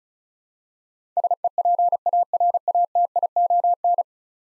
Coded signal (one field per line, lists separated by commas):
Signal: Morse code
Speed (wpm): 36 wpm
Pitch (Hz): 700 Hz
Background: none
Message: SEPARATION